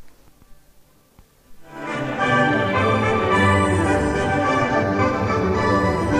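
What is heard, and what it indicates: Full-range instrumental music after a brief quiet start, unfiltered, as heard with normal hearing.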